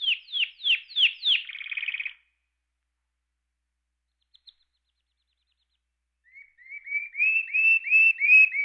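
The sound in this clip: Canary song, a run of falling whistled notes ending in a fast trill, then silence, then a series of quick repeated chirping notes.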